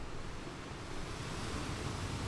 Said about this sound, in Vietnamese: Sóng biển vỗ ào ào về phía hai người, như hòa thêm âm điệu cho câu chuyện về một cuộc đời bất hạnh.